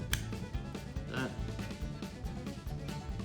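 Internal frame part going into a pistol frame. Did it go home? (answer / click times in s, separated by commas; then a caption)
yes / 0.1 s. During reassembly of a Glock 19, a small steel internal part is pressed easily into the polymer pistol frame, and a sharp click is heard at 0.1 s over background music. The part is seated in place.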